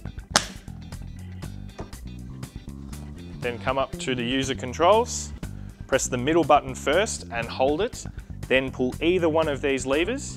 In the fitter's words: start the lawnmower insert a fully charged battery and listen for a click then